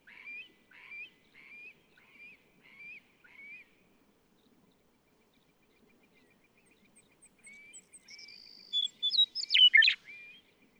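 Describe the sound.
Western meadowlark song near the end, flutey notes breaking into a gurgling tumble, after a series of short, slurred whistled notes at an even pace.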